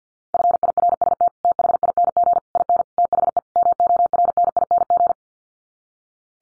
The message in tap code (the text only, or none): none